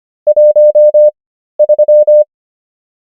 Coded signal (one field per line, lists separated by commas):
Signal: Morse code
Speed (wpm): 25 wpm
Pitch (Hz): 600 Hz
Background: none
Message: 13